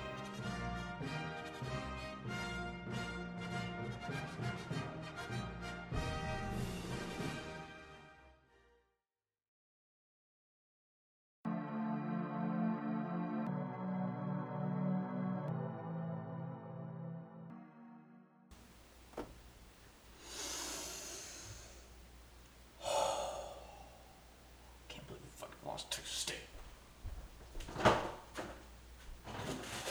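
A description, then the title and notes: Cooking a frozen pizza, opening with a dense run of tuneful, music-like sound that fades out around eight seconds into a short silence. A steadier stepped tone follows, then rustling, clattering kitchen handling with louder knocks near 23 and 28 seconds. Cooking a Frozen Pizza. Cooks a frozen pizza (amongst other background activity).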